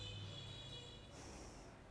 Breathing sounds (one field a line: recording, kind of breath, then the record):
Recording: one breath in and out by a microphone near the nose and mouth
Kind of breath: normal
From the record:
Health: marked as sick, illness not named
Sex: female